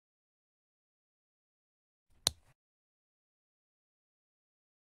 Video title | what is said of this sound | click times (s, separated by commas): How to install Lokklatch DELUXE Series 3 | Click the push button firmly into the housing, listening for the engagement clicks. | 2.3 s